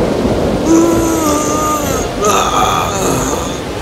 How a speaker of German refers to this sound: Bald wurden die Winde stärker und das Wasser begann zu steigen.